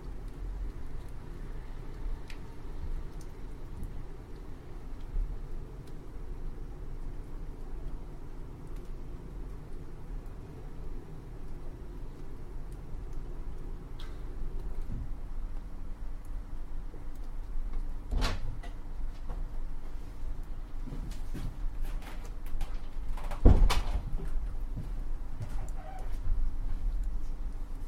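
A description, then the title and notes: Wind blows steadily as a deep, dense rumble that fills the low end throughout, swelling slightly louder in the second half. Scattered knocks and clatters break through, with sharp thuds near 18 and 23 seconds and smaller taps in between. Howling Winds. This immersive audio track captures the eerie and haunting sound of winds as they blow through trees, buildings, and across landscapes.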